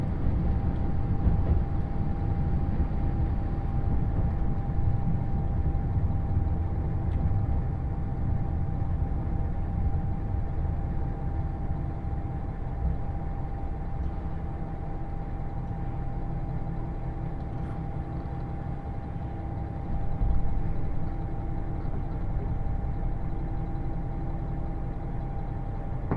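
Inside a diesel limited express train on the Yosan Line, a steady low engine rumble and rolling noise continue without a break. A thin constant whine rides above the drone, with a few faint clicks and a slight swell around twenty seconds.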